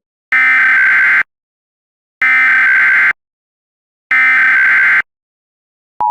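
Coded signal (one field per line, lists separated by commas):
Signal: Emergency Alert System (SAME) tones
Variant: header bursts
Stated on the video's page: Mock EAS alert tones, a fictional recreation.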